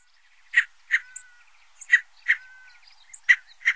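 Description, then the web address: Scaled Quail repeating a harsh two-part call three times, each pair of nasal notes about a third of a second apart, faint whistled lines and high chips behind. "Songs of Birds of North America Stokes. Scaled Quail"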